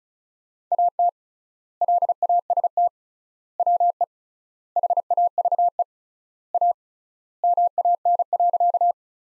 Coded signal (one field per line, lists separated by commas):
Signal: Morse code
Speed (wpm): 34 wpm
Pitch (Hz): 700 Hz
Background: none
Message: AT LAST WE HAVE A MAN.